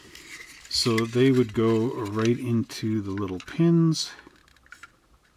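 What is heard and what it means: Someone talks while handling the plastic interior tub of an AMT 1941 Coca Cola Edition Plymouth Businessman Coupe model car kit, lining up its small holed blocks with the locating pins in the car body. Faint plastic scraping and small handling ticks follow near the end. Nothing has seated or clicked yet.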